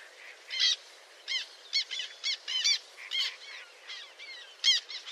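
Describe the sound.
Bird calls: short, harsh squawking notes given one after another at uneven intervals, some doubled, with softer chirps between them.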